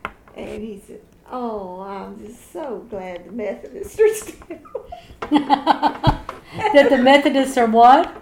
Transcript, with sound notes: And he said, Oh, I'm just so glad the Methodists are still (laughing)
That the Methodists are what?